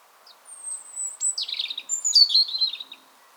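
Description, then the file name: European robin singing one short phrase: a long, very high thin whistle, then a tumbling jumble of sweet twittering notes, then a second high whistle and another jumble. "Erithacus rubecula"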